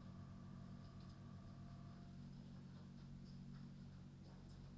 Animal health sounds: poultry house recording; no chicken sound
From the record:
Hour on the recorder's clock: 22

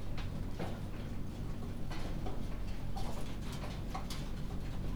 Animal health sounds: poultry house recording; healthy chickens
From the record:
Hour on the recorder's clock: 21

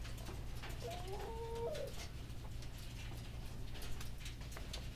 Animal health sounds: poultry house recording; healthy chickens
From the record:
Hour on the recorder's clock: 14

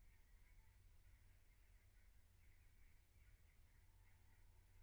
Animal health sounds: poultry house recording; no chicken sound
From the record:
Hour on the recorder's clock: 15

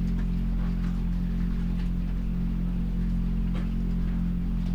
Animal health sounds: poultry house recording; sick chickens (respiratory disease)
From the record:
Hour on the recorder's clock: 2

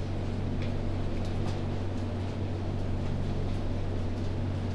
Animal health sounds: poultry house recording; no chicken sound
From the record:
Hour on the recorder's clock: 21

